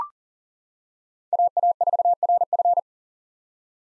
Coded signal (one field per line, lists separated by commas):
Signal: Morse code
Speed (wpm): 38 wpm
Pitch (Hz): 700 Hz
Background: none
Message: AA4RF